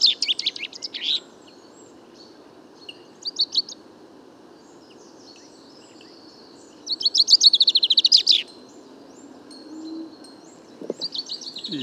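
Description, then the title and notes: Common chaffinch song: short bursts of high chirpy notes, then a fuller rattling trill past the middle, with pauses between phrases and another phrase starting at the end. Bois de Vincennes, 16 February 2019; first song of the year, fine weather prompting song; somewhat confused, weaker than typical, small babbles, a courtship song to females around; Nagra recorder, mono parabolic microphone. "Premier Pinson des arbres 2019. Bois de Vincennes - 16 février 2019"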